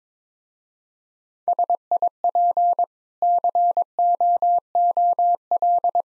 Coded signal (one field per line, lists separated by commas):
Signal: Morse code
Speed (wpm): 22 wpm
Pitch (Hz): 700 Hz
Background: none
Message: SIP COOL